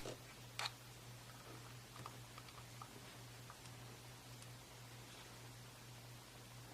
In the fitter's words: pick it up and then you can see the little slot just place it in and push down until you hear a click and that's all there is to it